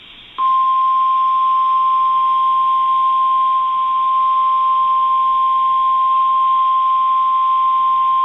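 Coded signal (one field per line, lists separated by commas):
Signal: Emergency Alert System (SAME) tones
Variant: 1050 Hz attention tone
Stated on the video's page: Tornado Warning EAS alert for Mills County, Iowa.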